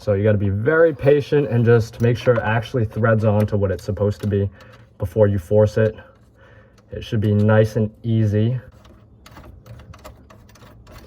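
Under the sink, a faucet mounting nut for a Delta Leland kitchen faucet is patiently lined up and started on the faucet's threaded shank so it doesn't cross-thread or strip. Someone talks for most of the clip, then soft rattling and handling taps follow from about 8.9 to 10.6 s as the threads catch. Nothing has seated or clicked yet.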